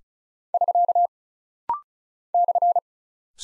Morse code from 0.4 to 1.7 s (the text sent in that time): <SK>